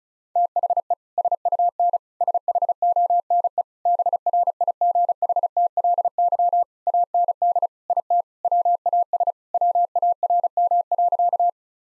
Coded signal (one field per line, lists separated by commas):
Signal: Morse code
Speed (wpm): 36 wpm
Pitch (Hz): 700 Hz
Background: none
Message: THE SUN SHONE BRIGHTLY AND IT WAS WARM.